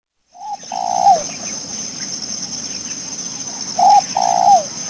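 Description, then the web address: Spotted dove giving two coo phrases, each a short note then a longer hollow coo that slurs downward at the end, over a steady high insect-like hiss. "Peterson North American Birds"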